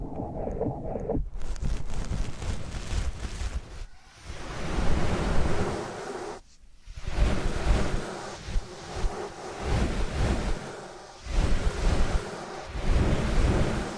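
Ear canal cleaning sounds: a dense, rumbling scrape and rustle that surges and swells like surf, low and muffled with brighter hiss on top. The scraping starts just after the first second and is broken by brief silent gaps near 4, 6.5 and 11 seconds.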